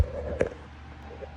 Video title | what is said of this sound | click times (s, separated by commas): 2014 Ford Escape Dash Removal and Evaporator Replacement | All right, so that snaps in place. | 0.4 s